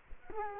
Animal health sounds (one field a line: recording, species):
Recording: mosquito wingbeat signal from an infrared sensor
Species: Culex quinquefasciatus